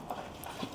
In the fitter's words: There, just heard it snap. There we go.